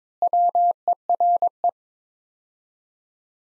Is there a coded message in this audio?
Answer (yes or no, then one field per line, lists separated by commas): yes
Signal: Morse code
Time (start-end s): 0.2-1.7 s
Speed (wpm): 23 wpm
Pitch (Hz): 700 Hz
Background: none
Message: WERE